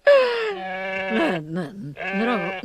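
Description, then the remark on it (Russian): A goat named Manka bleats loudly on its own: a long, nasal cry that wavers in pitch, followed by a couple of short quivering bleats and another drawn-out, trembling call. “Коза! Манька! Манька, голубушка!”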